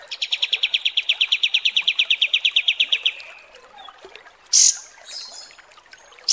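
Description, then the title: Kapas tembak trill: a long, rapid series of bright chips lasting about three seconds, then a short harsh high note and faint calls. Masteran training song for songbirds; a high-quality 'kapas tembak' song type. "Masteran Kapas Tembak Mewah"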